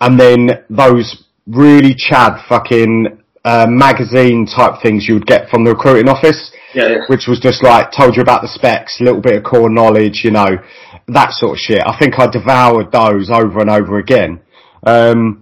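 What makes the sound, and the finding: Adult male speaker. Typical speech.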